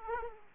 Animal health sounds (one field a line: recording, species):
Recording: mosquito wingbeat signal from an infrared sensor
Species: Aedes aegypti